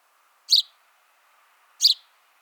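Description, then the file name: House sparrow chirps, two short bright notes over a second apart, with a faint hum underneath. "Passer domesticus"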